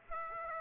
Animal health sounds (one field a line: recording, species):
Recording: mosquito wingbeat signal from an infrared sensor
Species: Aedes aegypti